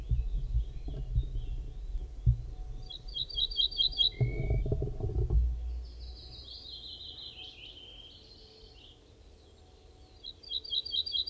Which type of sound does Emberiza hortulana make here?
song